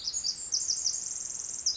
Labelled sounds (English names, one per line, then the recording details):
Pacific Wren
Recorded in Sonoma County, California